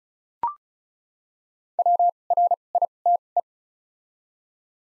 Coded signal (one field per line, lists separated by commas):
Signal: Morse code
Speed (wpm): 36 wpm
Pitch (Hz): 700 Hz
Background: none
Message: W R I T E